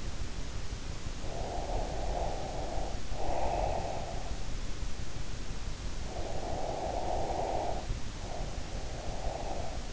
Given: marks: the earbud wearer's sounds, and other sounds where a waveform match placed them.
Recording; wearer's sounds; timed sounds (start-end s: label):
sounds in sleep by an in-ear microphone; breath
1.19-4.44 s: breath
6.00-9.93 s: breath